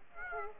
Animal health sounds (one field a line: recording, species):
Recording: mosquito wingbeat signal from an infrared sensor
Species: Aedes aegypti